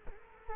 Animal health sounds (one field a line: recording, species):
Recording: mosquito wingbeat signal from an infrared sensor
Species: Culex quinquefasciatus